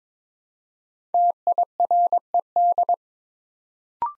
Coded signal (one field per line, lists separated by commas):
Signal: Morse code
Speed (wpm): 22 wpm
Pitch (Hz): 700 Hz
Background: none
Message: TIRED